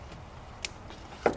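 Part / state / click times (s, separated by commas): wiring connector into bulb socket harness / partly seated / 0.6 s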